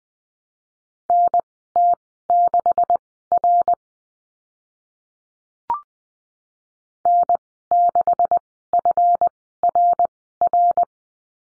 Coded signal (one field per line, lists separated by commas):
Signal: Morse code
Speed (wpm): 20 wpm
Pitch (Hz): 700 Hz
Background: none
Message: NT6R N6FRR